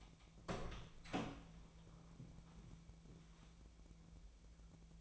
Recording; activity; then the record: daily activity, microphone in the room; open door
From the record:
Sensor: 1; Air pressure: 1000.4 hPa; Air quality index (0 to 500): 182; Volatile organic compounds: 4 ppm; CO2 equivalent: 1684 ppm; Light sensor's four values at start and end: 13/32/13/15 and 13/32/13/15